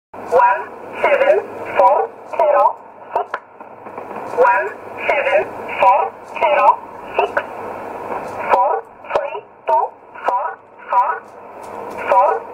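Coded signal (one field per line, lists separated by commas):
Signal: numbers station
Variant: E11 Oblique, English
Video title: 12 08 2017 Numbers station E11 Oblique in English to Eu 0811 on 9079 in USB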